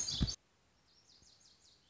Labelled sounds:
Lazuli Bunting (Passerina amoena)
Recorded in Sonoma County, California

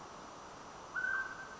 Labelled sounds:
Mountain Quail (Oreortyx pictus)
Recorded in Sonoma County, California

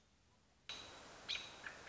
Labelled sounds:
American Robin (Turdus migratorius)
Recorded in Sonoma County, California

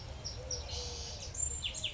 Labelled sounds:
Eurasian Collared Dove (Streptopelia decaocto)
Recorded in Sonoma County, California

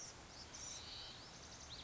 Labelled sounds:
Blue-gray Gnatcatcher (Polioptila caerulea)
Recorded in Sonoma County, California

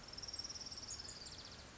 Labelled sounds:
Orange-crowned Warbler (Leiothlypis celata)
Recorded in Sonoma County, California

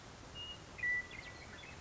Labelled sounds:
Western Meadowlark (Sturnella neglecta)
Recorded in Sonoma County, California

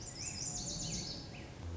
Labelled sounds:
Lazuli Bunting (Passerina amoena)
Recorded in Sonoma County, California

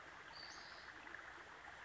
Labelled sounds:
Western Flycatcher (Empidonax difficilis)
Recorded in Sonoma County, California

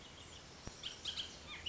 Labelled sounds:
Bullock's Oriole (Icterus bullockii)
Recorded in Sonoma County, California

